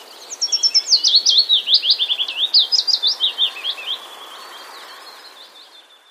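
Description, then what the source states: Willow warbler singing one long, gently falling phrase of rapid soft whistled notes lasting about three and a half seconds, followed by quieter background bird song. Recorded in Wroblowe, Poland, on 3 May 2014.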